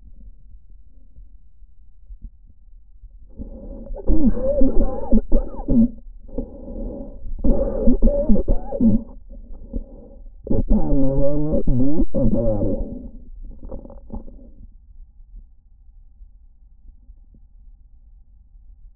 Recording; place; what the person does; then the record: lung sounds by stethoscope; trachea; quiet breathing, then cough and speech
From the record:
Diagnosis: interstitial lung disease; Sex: male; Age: 75 years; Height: 167 cm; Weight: 68 kg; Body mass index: 24.4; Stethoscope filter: diaphragm mode